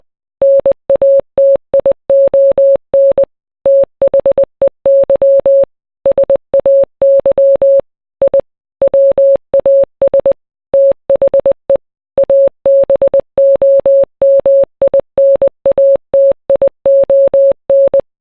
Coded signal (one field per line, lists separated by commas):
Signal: Morse code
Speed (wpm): 20 wpm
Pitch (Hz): 550 Hz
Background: none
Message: NATION THEY SAY I WAS THE ABOMINATION